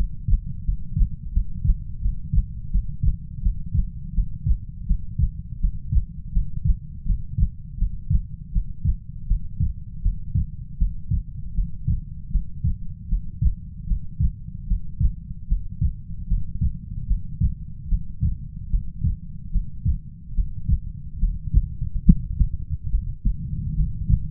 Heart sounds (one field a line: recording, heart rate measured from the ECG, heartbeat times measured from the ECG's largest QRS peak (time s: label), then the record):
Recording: heart sounds by stethoscope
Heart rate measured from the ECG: 78 bpm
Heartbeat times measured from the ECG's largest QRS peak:
0.65 s: heartbeat
1.33 s: heartbeat
2.01 s: heartbeat
2.71 s: heartbeat
3.42 s: heartbeat
4.14 s: heartbeat
4.87 s: heartbeat
5.60 s: heartbeat
6.33 s: heartbeat
7.06 s: heartbeat
7.78 s: heartbeat
8.52 s: heartbeat
9.27 s: heartbeat
10.02 s: heartbeat
10.78 s: heartbeat
11.54 s: heartbeat
12.31 s: heartbeat
13.09 s: heartbeat
13.87 s: heartbeat
14.67 s: heartbeat
15.48 s: heartbeat
16.27 s: heartbeat
17.07 s: heartbeat
17.88 s: heartbeat
18.69 s: heartbeat
19.51 s: heartbeat
20.34 s: heartbeat
21.19 s: heartbeat
22.04 s: heartbeat
22.90 s: heartbeat
23.75 s: heartbeat
From the record:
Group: healthy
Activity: breath hold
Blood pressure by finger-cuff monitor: 99/58 mmHg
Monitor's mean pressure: 71 mmHg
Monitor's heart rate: 80 bpm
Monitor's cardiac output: 7.4 L/min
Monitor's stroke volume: 92 mL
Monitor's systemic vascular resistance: 660 dyn s/cm5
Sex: female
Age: 19 years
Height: 163 cm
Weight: 48.9 kg